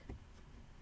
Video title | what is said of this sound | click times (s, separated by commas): Let's make and paint a wooden birdhouse with Ms. Helen! | I hear a click. | 0.1 s